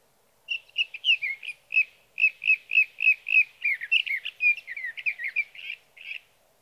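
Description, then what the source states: Sage thrasher song: a long, steady stream of short warbling notes, several a second, with little variation in pitch, continuing almost without a break. Male singing near his night roost through the night, from the evening of June 12 to the morning of June 15, 2018, Sierra Valley, California; Swift recorder.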